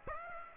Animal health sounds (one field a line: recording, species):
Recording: mosquito wingbeat signal from an infrared sensor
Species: Aedes aegypti